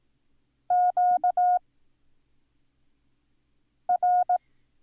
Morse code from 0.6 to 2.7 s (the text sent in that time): Q